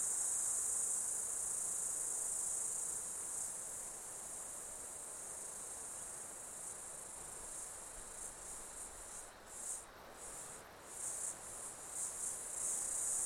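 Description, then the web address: Insects droning continuously at high pitch, the chorus becoming choppy and pulsing in the second half. Summer insect ambience in Australia. "Foundation 1 AMBIENCE AUSTRALIAN SUMMER INSECTS"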